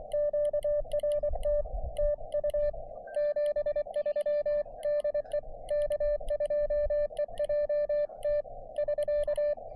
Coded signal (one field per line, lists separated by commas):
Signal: Morse code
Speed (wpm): 24 wpm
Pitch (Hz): 590 Hz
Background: music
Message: QRT TU 73 DE K2EJT <SK>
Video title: POTA from Beebe Hill Fire Tower